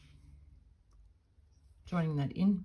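An opened metal jump ring is handled and threaded into a chain link before its ends are pushed back together. A faint low hum runs through the first two seconds, then someone talks for the last second. Nothing has clicked or closed yet.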